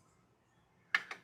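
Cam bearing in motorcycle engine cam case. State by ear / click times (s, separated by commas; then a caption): released / 1.0 s. A puller is held and tightened down on the second cam bearing in the cam case of a 2006 Dyna motorcycle engine. After a quiet stretch with a faint low hum, a sharp snap at 0.9 s is followed by a weaker click at 1.1 s. The bearing pops loose from the case.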